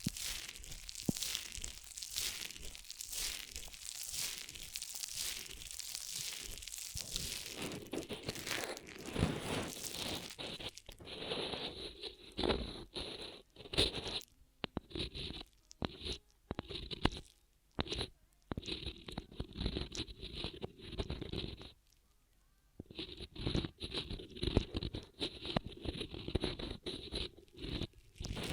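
Ear massage triggers with dense, crackling rubbing and crunching that fills the first ten seconds in quick, regular strokes. After that the sound turns choppier and brighter, with a high hiss, stopping and starting often, including a brief silence near twenty-two seconds.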